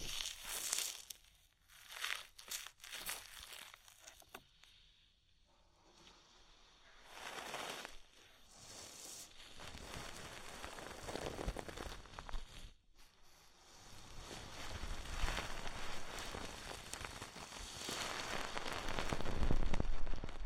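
Ear massage with oil and foam: soft, wet crinkling and rubbing that comes in short bursts over the first few seconds, with a near-silent pause around five seconds. From about seven seconds the squishing grows denser and busier, with a brief gap near thirteen seconds, and builds louder toward the end.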